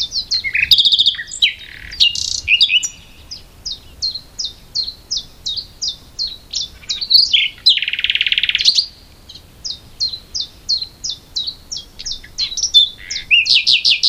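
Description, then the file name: Common nightingale song: rapid repeated high notes in steady series, broken by harsh rasping bursts and a lower buzzy trill, loud and varied throughout. "Luscinia megarhynchos"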